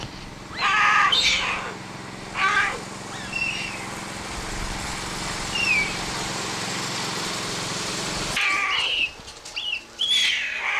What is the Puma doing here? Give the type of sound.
call